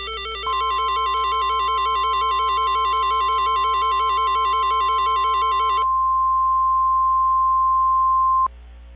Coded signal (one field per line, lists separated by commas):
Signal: Emergency Alert System (SAME) tones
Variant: 1050 Hz attention tone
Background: music